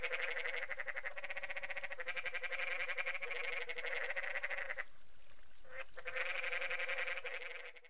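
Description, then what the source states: Canyon tree frog calling, a long harsh rattling trill held for several seconds, a short break, then more pulsed bleating trills resuming. Several frogs calling; a desert animal of the USA.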